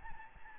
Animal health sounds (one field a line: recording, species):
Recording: mosquito wingbeat signal from an infrared sensor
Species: Aedes albopictus